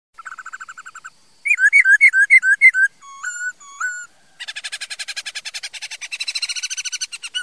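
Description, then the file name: Laughingthrush song: a fast string of short notes, bouncing looped whistles, two drawn-out whistles, then a long rapid harsh chatter. "Tieng khuou hot"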